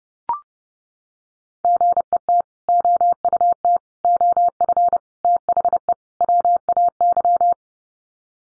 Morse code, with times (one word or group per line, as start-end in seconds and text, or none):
1.6-2.4 GET
2.7-3.8 OUT
4.0-5.0 OF
5.2-5.9 THE
6.2-7.5 WAY